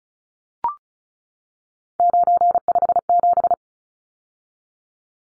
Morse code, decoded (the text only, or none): 957